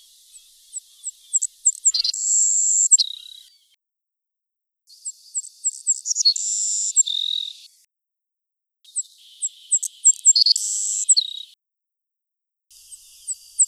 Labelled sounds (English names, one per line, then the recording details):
Savannah Sparrow song
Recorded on Kent Island, New Brunswick, in 2011